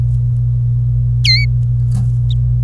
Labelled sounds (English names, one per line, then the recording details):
Domestic Canary song
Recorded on 26 April 2018 at 11:30
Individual llb3